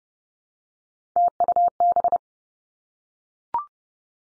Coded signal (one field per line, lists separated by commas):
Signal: Morse code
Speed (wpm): 30 wpm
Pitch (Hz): 700 Hz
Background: none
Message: TUB